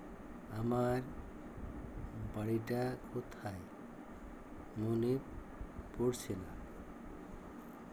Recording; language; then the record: elicited speech; Bengali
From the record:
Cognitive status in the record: dementia